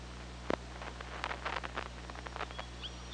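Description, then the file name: Killer whale click bursts, loud at first then in rapid clusters, ending with a short whistled call, against a steady low hum. Recorded by OrcaLab hydrophone on 24 August 2017 at 15:43. "Orca Lab UTLN JASON 20170824 154325"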